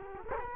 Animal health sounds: mosquito wingbeat signal from an infrared sensor; Culex quinquefasciatus

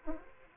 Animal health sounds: mosquito wingbeat signal from an infrared sensor; Aedes aegypti

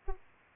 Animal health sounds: mosquito wingbeat signal from an infrared sensor; Aedes aegypti

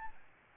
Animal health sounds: mosquito wingbeat signal from an infrared sensor; Aedes albopictus

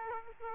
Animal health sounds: mosquito wingbeat signal from an infrared sensor; Aedes aegypti

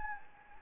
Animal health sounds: mosquito wingbeat signal from an infrared sensor; Anopheles gambiae

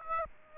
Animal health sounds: mosquito wingbeat signal from an infrared sensor; Aedes aegypti

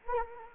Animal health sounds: mosquito wingbeat signal from an infrared sensor; Anopheles gambiae

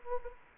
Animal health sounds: mosquito wingbeat signal from an infrared sensor; Anopheles gambiae

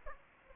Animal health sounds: mosquito wingbeat signal from an infrared sensor; Aedes aegypti

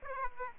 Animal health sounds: mosquito wingbeat signal from an infrared sensor; Aedes aegypti

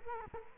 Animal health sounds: mosquito wingbeat signal from an infrared sensor; Culex quinquefasciatus

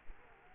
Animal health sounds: mosquito wingbeat signal from an infrared sensor; Culex quinquefasciatus

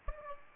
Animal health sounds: mosquito wingbeat signal from an infrared sensor; Aedes aegypti

